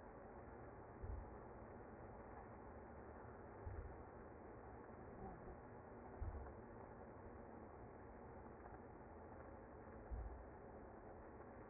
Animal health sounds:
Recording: honeybee colony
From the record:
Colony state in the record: active

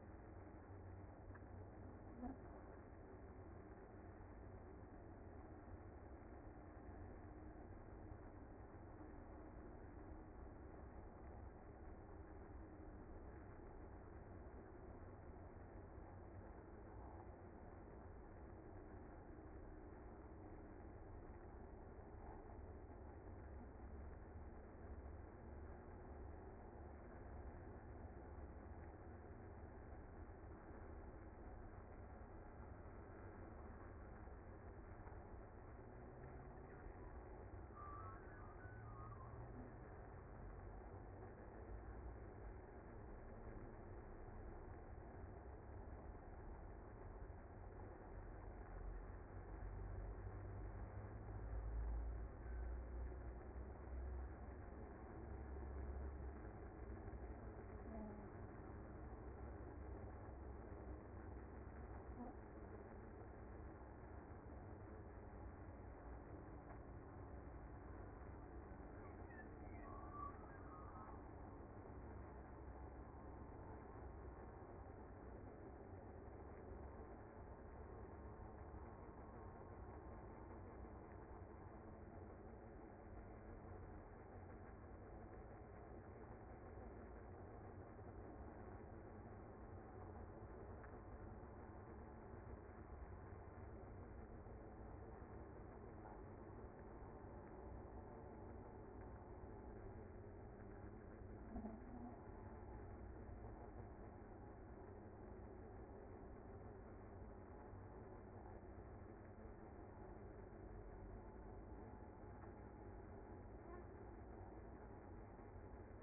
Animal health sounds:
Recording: honeybee colony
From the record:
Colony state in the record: active

